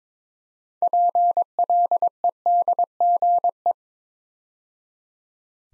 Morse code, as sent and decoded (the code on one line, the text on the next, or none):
.--. .-.. . -.. --. .
PLEDGE